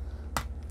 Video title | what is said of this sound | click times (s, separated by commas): Ghostbusters Plasma Series Vinz Clortho - Hasbro Build a Ghost | goes there that one clicked all right | 0.4 s